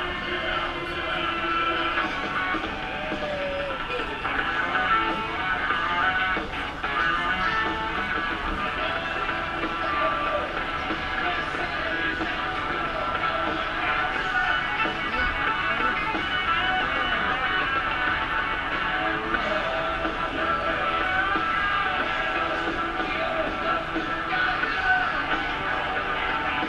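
A walk through Animal Kingdom, filled with a steady, dense wash of overlapping voices from a crowd. The level stays even for the whole stretch, with bright chatter, scattered bursts of talk and a faint low rumble like a passing vehicle underneath.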